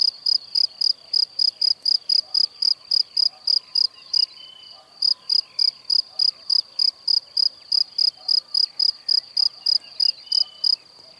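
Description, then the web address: Cricket chirping rapidly and regularly, stopping for about a second around four seconds, then continuing. "Kurs PTTK Przyroda Ptaki Świerszcze"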